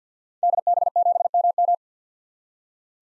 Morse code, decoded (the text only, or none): DB7MM